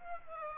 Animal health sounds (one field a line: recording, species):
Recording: mosquito wingbeat signal from an infrared sensor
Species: Aedes aegypti